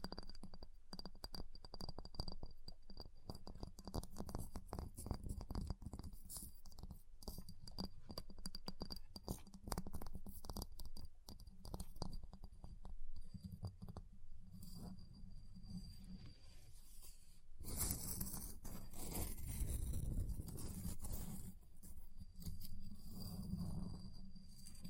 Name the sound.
Ice Tapping, Scratching, Carving Sounds